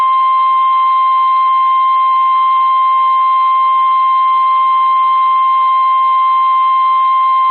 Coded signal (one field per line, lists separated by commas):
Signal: Emergency Alert System (SAME) tones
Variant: 1050 Hz attention tone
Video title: Severe Thunderstorm Warning (Davidson and Forsyth Counties, NC) (8/1/25) [EAS #200]